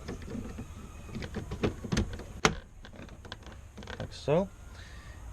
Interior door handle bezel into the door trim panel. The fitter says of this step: handle bezel back in it just pops right in like